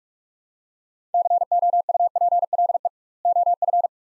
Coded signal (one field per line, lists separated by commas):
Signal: Morse code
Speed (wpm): 46 wpm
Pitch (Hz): 700 Hz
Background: none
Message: COUPLE OF